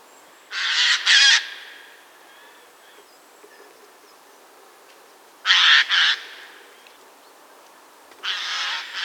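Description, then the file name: Eurasian jay with three bouts of grating, buzzy screeches, the first two each a doubled rasp, spaced a few seconds apart. "Garrulus glandarius"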